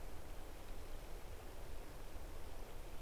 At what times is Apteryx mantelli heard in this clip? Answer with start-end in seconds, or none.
none